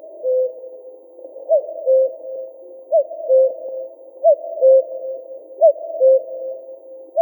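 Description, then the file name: Common cuckoo repeating its two-note cuck-oo call about every one and a half seconds: a short higher note dropping to a longer lower one. "Cuculus canorus"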